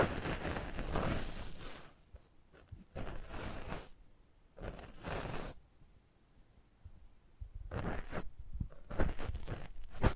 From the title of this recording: Close Up Mic Treatment